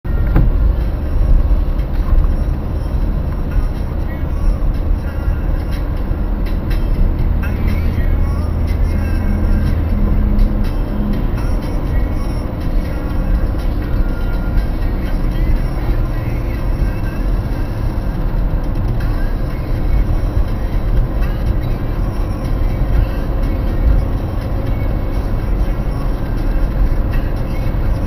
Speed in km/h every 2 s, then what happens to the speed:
57, 57, 59, 61, 62, 64, 66, 66, 66, 66, 68, 68, 72, 72.
0-28 speeds up to 72.